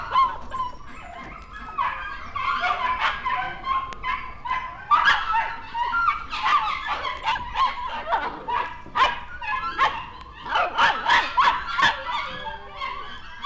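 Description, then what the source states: Dog barking almost without pause, rough overlapping barks and yips rising and falling throughout. In a kennel.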